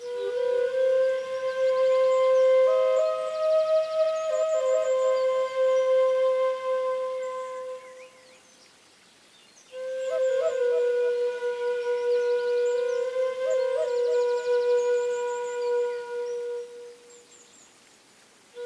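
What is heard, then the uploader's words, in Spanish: A bamboo flute plays long, steady mid-pitched notes in two phrases, the first fading out near nine seconds and the second starting again around ten and tailing off near the end. Small trills decorate the held notes, and faint high chirps sit quietly behind. Comparto aquí una pequeña grabación que hice con una flauta de Bamboo acompañada de sonidos de la naturaleza.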